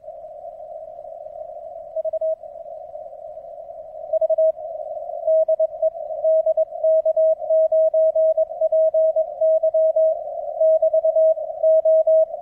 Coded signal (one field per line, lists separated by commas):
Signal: Morse code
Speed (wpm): 22 wpm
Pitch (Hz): 640 Hz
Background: radio noise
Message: V V DE DK9PY <BT> O